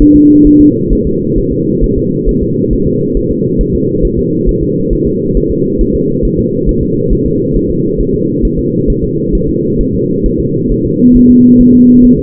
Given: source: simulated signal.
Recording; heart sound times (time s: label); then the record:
fetal heart sounds
0.02 s: S1
0.16 s: S2
0.47 s: S1
0.61 s: S2
0.93 s: S1
1.07 s: S2
1.38 s: S1
1.52 s: S2
1.84 s: S1
1.98 s: S2
2.29 s: S1
2.43 s: S2
2.73 s: S1
2.87 s: S2
3.17 s: S1
3.31 s: S2
3.61 s: S1
3.75 s: S2
4.05 s: S1
4.19 s: S2
4.49 s: S1
4.63 s: S2
4.93 s: S1
5.07 s: S2
5.37 s: S1
5.51 s: S2
5.81 s: S1
5.95 s: S2
6.25 s: S1
6.39 s: S2
6.69 s: S1
6.83 s: S2
7.12 s: S1
7.26 s: S2
7.56 s: S1
7.70 s: S2
8.01 s: S1
8.15 s: S2
8.45 s: S1
8.59 s: S2
8.90 s: S1
9.04 s: S2
9.35 s: S1
9.49 s: S2
9.81 s: S1
9.95 s: S2
10.26 s: S1
10.40 s: S2
10.72 s: S1
10.85 s: S2
11.16 s: S1
11.30 s: S2
11.61 s: S1
11.75 s: S2
12.05 s: S1
12.19 s: S2
From the record:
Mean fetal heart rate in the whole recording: 135 bpm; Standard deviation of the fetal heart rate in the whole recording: 3 bpm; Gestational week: 36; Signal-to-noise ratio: -11.2 dB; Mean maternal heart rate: 72 bpm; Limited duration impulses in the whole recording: present